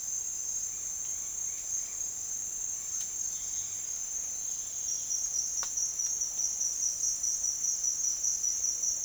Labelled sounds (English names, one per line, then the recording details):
none
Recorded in dense forest near Puerto Asís, Putumayo, Colombia, on 8 March 2025 at 08:30
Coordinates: 0.503, -76.323
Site GP09